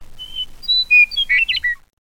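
Meadowlark song: a clear high whistled note, a few sliding whistles, then a quick jumbled gurgling flourish ending on a short falling whistle.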